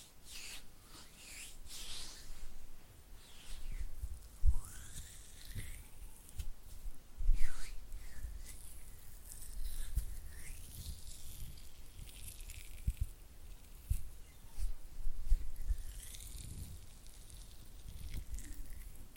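Oily hand and flutter finger sounds: slick, wet rubbing and soft fluttering taps that swell and fade in uneven bursts. Bright hissy smears rise and fall throughout, with low thumps and sharper knocks around 4.5, 7.5, 13 and 15 seconds.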